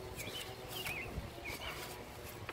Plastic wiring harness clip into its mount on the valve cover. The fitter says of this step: This one's not going to want to come up. And it clicked back in place.